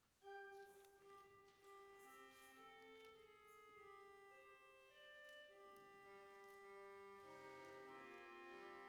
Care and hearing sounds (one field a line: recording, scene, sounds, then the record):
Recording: everyday scene through a hearing-aid microphone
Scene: reverberant space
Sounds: music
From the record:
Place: church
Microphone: behind the ear, right, front